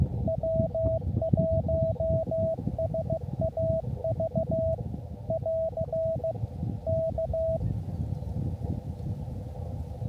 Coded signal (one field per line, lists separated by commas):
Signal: Morse code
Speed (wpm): 15 wpm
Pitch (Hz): 650 Hz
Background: none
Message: W1SAV <AR> K